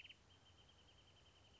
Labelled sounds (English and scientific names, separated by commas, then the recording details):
Wrentit (Chamaea fasciata)
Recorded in Sonoma County, California